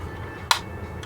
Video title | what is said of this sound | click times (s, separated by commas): 1/48 Hasegawa F/A-18F Super Hornet, Part 5, fuselage | 오, 딸깍거리는 소리가 들리니 다행이네요. | 0.5 s